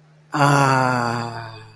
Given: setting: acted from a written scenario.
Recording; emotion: vocal sound without words; ecstasy